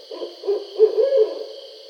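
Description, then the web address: Barred owl hooting, a few low, throaty notes run together and swelling in the middle. Recorded 20 July 2012. "Barred Owl 2012 07 20 Barred Owl"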